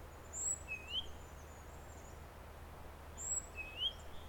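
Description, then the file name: Great tit giving two calls about three seconds apart, each a thin high descending note followed by a lower rising whistle, over quiet low hum. "Parus major"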